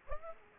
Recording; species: mosquito wingbeat signal from an infrared sensor; Aedes aegypti